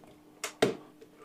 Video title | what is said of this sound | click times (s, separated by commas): System Build 28 - Build With Brian - Intel 12th Generation - (2024) | Clicks into place. | 0.4 s, 0.6 s